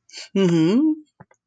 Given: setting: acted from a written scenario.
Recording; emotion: vocal sound without words; pride